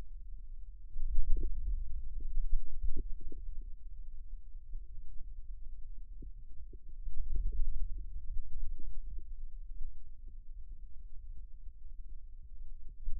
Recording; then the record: forearm muscle sounds (acoustic myography)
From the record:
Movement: radial deviation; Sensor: system 2, bracelet of six BSWA MPA416 microphones around the upper forearm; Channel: 6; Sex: male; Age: 22 years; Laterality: right